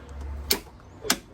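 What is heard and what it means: A click-type torque wrench re-torques cylinder head nut number 2 on a classic Fiat 500/126. Two sharp clicks ring out at 0.5 s and 1.1 s as the wrench reaches its setting. The nut is confirmed good.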